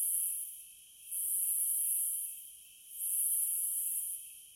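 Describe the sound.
Cicada song: a few shrill buzzing bursts rising and falling over a steady lower hum.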